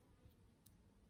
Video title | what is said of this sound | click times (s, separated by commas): HOW TO WIRE UP TWIN CONNECTORS ALSO USE HEAT SHRINK CONNECTORS | don't know if you heard that or not but it's in i'm giving it a little choke there it's not coming out look | 0.7 s